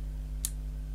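A slightly warped plastic part is bent and pushed into place in a Casio FX-82L calculator case. A single sharp click is heard at 0.4 s over a steady low hum. The part is seated, though it is still warping.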